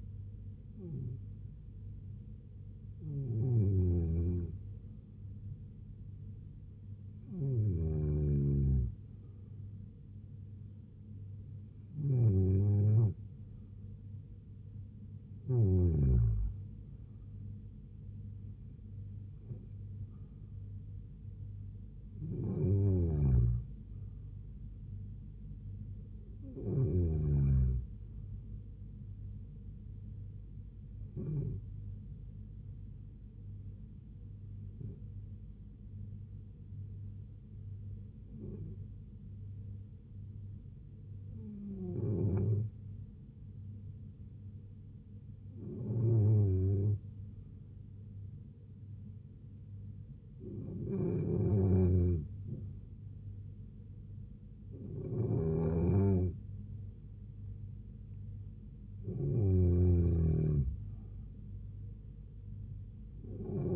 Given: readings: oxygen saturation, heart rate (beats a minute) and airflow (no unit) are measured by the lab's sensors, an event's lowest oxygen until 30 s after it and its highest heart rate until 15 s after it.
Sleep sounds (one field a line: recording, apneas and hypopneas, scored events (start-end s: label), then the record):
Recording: breathing in sleep by a smartphone at the bedside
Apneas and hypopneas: 1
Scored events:
37.00-55.20 s: hypopnea (N2, oxygen 95% highest, then 91% lowest, heart rate 73 at the start, 75 highest)
From the record:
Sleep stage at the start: N2 (light sleep)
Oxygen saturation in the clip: 92 to 95%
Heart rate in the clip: 67 to 77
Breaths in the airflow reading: 16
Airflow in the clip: -3.2 to 2.7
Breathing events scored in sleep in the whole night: 158 in 7.3 hours asleep